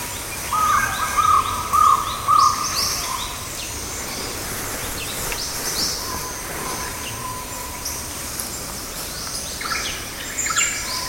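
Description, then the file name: Jungle owlet giving four evenly spaced, clipped mid-pitched notes early on, followed by fainter sounds amid steady background noise. "Glaucidium radiatum - Jungle Owlet"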